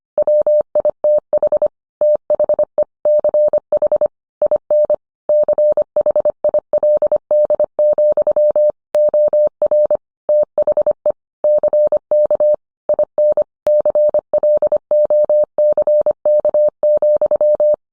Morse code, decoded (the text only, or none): WITH THE CH IN CHILD, OR THE CK IN CLOCK,